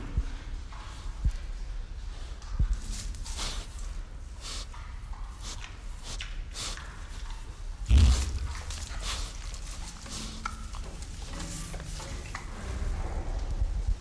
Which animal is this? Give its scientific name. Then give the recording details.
Tayassu pecari. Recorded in captivity. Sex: male. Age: adult. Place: Zoo Berlin, Berlin, DE. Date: 1992-12-25 13:10. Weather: heiter, -7°C. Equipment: Marantz CP 430, Sennheiser ME 80, Kopie Uher Variocord 263. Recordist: Tembrock, Günter